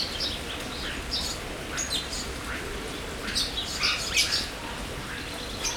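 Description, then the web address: Birds calling, many short high chirps and squeaky notes from several birds at once, busiest in the second half, over a constant low hum. Birds in an aviary at Jászberény Zoo, recorded in 2016. "allathangok jaszberenyizoo 2016 madarak ropde"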